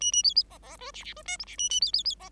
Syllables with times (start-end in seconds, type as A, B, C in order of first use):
0.00-0.12 A, 0.12-0.23 A, 0.23-0.34 B, 0.35-0.43 B, 0.50-0.58 C, 0.62-0.77 C, 0.79-0.91 D, 0.94-1.04 E, 1.04-1.14 E, 1.16-1.23 D, 1.25-1.37 F, 1.39-1.45 G, 1.46-1.56 E, 1.58-1.69 A, 1.70-1.80 A, 1.81-1.92 B, 1.93-2.03 B, 2.05-2.15 B, 2.19-2.29 C